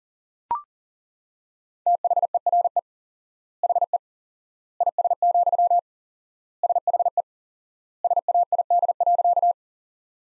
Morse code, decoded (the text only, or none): THERE HE IS, SHE SAID.